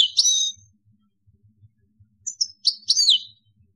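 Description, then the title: European goldfinch: a bright, slurred twitter, a pause, then a cluster of quick tinkling notes. "Chant Chardonneret"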